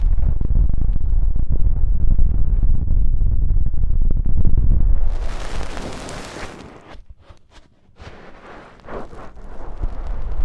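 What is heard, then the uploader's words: Deep ear cleaning with dense low rumbling scraping for five seconds, then brighter rustling, near-silent gaps around seven seconds, and renewed scratching. ASMR INTENSE Deep Ear Cleaning (No Talking).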